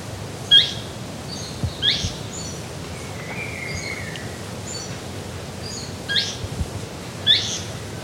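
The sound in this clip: Bird calls: a few sharp, high chirps sweeping downward, with faint softer notes between them over steady background noise.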